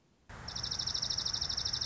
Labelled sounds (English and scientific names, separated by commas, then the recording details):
Dark-eyed Junco (Junco hyemalis)
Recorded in Sonoma County, California